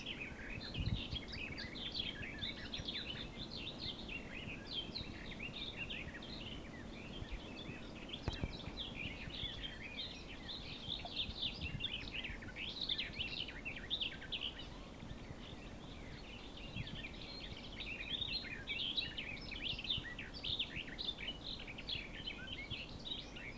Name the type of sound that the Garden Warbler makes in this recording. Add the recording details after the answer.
song. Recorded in the wild. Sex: male. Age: adult. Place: Ossiach, Ossiacher See, Kärnten, AT. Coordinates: 46.6763, 13.9632. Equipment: Hornyphon Bandgerät, Phillips Mikrofon Type EL 6020, Kopie DAT. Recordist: Brunner, Thomas. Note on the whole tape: Dschungel bei St. Urban (am Ossiacher See), 1965